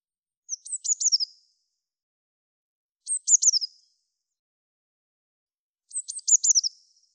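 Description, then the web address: Eurasian blue tit calls: three high, thin phrases, each a short piping note followed by quick descending chattering notes, spaced a few seconds apart with silence between. "cianscape birddata Deverinetal 2025 File cleaned normalized Bird Cy Ca"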